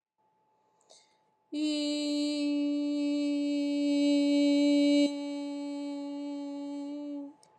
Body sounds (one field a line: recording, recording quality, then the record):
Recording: sustained vowel as in beet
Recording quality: excellent, no background noise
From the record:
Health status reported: COVID-19 positive, no symptoms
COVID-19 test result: positive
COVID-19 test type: rapid antigen test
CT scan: not taken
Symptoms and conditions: cough, sore throat, fatigue, muscle pain, hypertension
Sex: female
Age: 50 years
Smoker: no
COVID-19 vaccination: both doses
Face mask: not worn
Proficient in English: yes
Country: United States